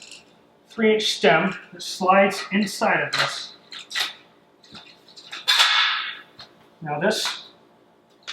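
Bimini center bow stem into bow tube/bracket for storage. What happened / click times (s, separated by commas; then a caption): Handled, not yet home: a sharp snap could be mistaken for seating / none. Someone talks while handling the 3-inch stem of a pre-assembled center bow from a pontoon boat bimini top, which is meant to slide into its mating tube or bracket and click into place for storage. A few short knocks and handling noises come between the speech. The stem has not seated or clicked into its storage position yet.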